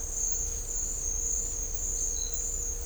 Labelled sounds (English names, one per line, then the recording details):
none
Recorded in dense forest near Puerto Asís, Putumayo, Colombia, on 18 December 2024 at 08:30
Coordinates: 0.500, -76.322
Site G053